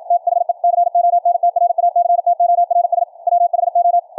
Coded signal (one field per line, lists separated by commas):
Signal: Morse code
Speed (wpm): 53 wpm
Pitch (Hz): 700 Hz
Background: radio noise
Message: THE CONTRACTORS WHO